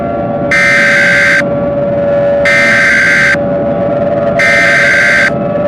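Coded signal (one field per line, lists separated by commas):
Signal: Emergency Alert System (SAME) tones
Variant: header bursts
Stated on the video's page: Simulated EAS scenario, not a real alert.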